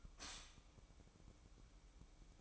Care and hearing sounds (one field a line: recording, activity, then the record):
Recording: daily activity, microphone in the room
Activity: stop toaster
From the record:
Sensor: 1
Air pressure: 1007.3 hPa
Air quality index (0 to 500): 76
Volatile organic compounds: 1 ppm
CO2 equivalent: 665 ppm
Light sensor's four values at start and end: 7/17/7/8 and 7/17/7/8